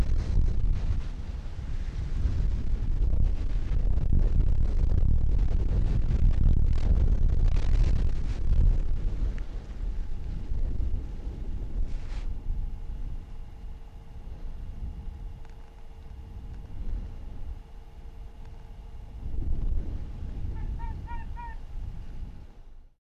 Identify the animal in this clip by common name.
Arctic Fox